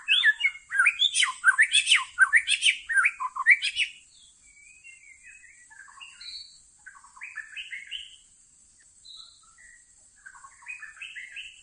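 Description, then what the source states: White-rumped shama song: a loud burst of varied rasping, chattering notes for about four seconds, then softer, scattered whistled phrases and short trills, over a steady high hiss. Lure (pikat) song for attracting birds.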